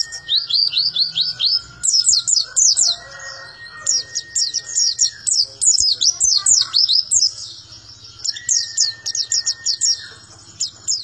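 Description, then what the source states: White-eye song of very high, twittering down-slurred notes in long rapid runs, broken by short pauses, with a faint steady whine in the background. Song described as melodious and long.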